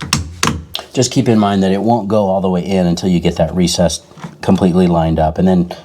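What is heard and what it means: A plastic drain pump filter cap on the front of a Samsung washing machine is screwed into its filter housing until its ratchet clicks, with sharp clicks at 0.1, 0.4 and 0.8 seconds. Then someone talks. The ratcheting shows the cap is at full tightness and, like a gas cap, cannot be over-tightened.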